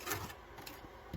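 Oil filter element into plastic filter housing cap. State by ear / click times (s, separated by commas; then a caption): seated / 0.7 s. A new paper oil filter element for a 2017 VW Golf MK7 Sportwagon 1.8 TSI turbo is pushed onto the plastic filter housing cap, with soft rubbing and handling noises throughout. A short, sharp click at 0.7 s is the element snapping into place on the cap. It is seated.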